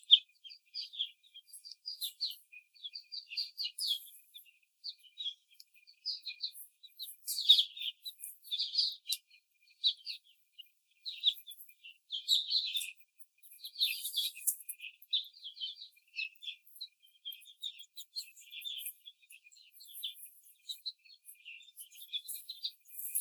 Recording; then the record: young laying hens in a cage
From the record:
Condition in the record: after the stressor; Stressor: simulated dog barking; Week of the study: 4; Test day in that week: 2